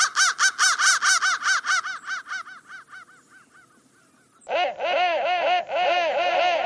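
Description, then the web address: Crow giving a quick run of harsh caws that fades away, a short pause, then lower, hoarse caws. "soundfactory crow"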